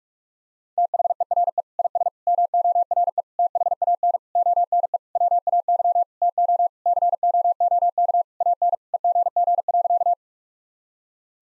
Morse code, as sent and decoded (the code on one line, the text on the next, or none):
- .... . .-. . / .. ... / -- --- .-. . / - .... .- -. / --- -. . / .-- .- -.-- / - --- / -.-. --- --- -.- / .- -. / . --. --. .-.-.-
THERE IS MORE THAN ONE WAY TO COOK AN EGG.